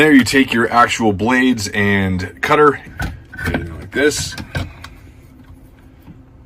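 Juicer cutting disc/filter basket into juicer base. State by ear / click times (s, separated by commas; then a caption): seated / 4.8 s. Someone talks while the cutting disc and filter basket of a Breville BJE430SIL juicer are set into the juicer base and rotated. A sharp click at 4.8 seconds marks the disc engaging and seating in the base, followed by a faint tap.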